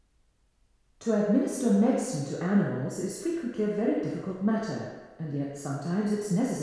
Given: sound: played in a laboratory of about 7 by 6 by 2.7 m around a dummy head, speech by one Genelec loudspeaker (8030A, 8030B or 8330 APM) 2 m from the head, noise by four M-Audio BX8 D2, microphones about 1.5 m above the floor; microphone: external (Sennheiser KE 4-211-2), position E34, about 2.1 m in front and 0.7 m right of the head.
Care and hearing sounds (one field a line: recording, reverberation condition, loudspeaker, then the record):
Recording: female speech in English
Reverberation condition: high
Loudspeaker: in front (0 degrees)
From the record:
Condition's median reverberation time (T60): about 1300 ms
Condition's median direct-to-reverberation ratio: about -4.0 dB